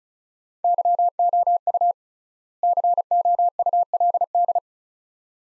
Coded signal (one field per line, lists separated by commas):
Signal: Morse code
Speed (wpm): 36 wpm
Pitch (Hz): 700 Hz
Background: none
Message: YOU COULD